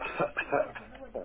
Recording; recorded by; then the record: voluntary cough; telephone call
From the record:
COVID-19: negative